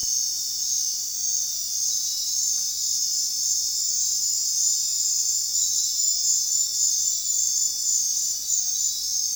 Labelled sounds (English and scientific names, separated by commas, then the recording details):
none
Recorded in dense forest near Puerto Asís, Putumayo, Colombia, on 23 June 2025 at 21:30
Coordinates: 0.466, -76.327
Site GP04